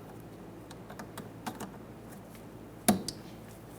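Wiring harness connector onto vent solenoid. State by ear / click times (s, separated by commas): seated / 2.9 s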